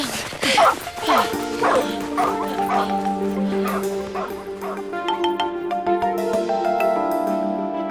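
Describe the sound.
A guard dog, a Great Dane, barks and yips in a quick, excited series of sharp bursts, loud and high-pitched, with a human voice talking over it before it fades into lower whimpering tones.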